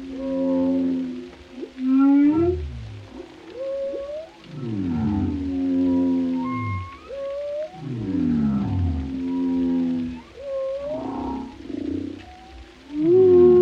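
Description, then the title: Whale song mixing descending groans, swooping moans and brief higher whistles in a continuous, varied sequence. Compilation of varied whale vocalizations, including haunting moans and resonant calls, presented for relaxation. "Soothing Symphony of the Deep: Captivating Whale Sounds for Relaxation"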